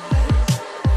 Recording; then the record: coughing mixed with background sound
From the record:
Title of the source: Coughing Man Sound - Man Cough Sound Effect